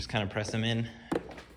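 Plastic airbox covers (fans) on a Ski-Doo Summit snowmobile panel are pressed in by hand while someone talks, followed by a sharp plastic knock at 1.1 s and a fainter one near 1.6 s. Nothing has seated or clicked into place yet.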